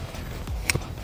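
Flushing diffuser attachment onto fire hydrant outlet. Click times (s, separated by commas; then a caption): 0.7 s. A flushing diffuser attachment is lined up by its grooves on a fire hydrant outlet and turned until the metal locking-nut mechanism on the back engages, so it will not fly off. A faint tick comes at 0.5 s, then a sharp, bright snap at 0.7 s as the attachment seats and locks on.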